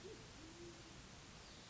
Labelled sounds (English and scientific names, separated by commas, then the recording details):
Band-tailed Pigeon (Patagioenas fasciata)
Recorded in Sonoma County, California